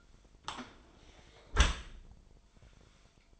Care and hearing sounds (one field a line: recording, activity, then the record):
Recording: daily activity, microphone in the room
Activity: close dishwasher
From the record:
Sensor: 5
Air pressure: 1003.2 hPa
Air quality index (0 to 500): 127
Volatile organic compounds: 1 ppm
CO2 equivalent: 933 ppm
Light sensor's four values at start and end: 66/160/67/74 and 68/165/69/77